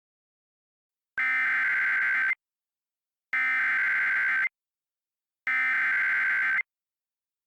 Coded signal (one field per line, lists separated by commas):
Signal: Emergency Alert System (SAME) tones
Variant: header bursts